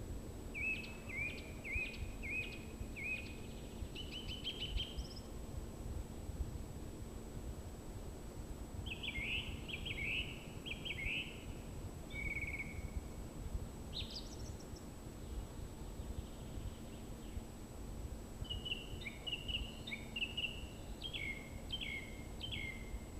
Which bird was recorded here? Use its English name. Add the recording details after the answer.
Song Thrush. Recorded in the wild. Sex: male. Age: adult. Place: Spittal an der Drau, Oberkärnten, Baden-Württemberg, DE. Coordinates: 48.5167, 9.01667. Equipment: Hornyphon, Phillips Mikrofon. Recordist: Brunner, Thomas. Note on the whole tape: Frühjahr 1966, auf dem Weg zur Kuck Alm aufgenommen